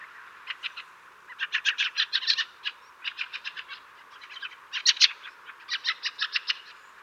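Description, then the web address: Fieldfare giving harsh, rasping chack calls in quick bursty series of several notes each, with short pauses between bursts; no other clear sounds. "Fieldfare. صدای-پرنده-رابشکن"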